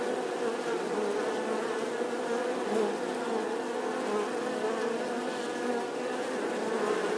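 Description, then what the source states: Honey bees in a swarm make a thick continuous hum, many wings droning together at a steady pitch with small rises and falls in loudness. Bee swarm buzzing outside the hive.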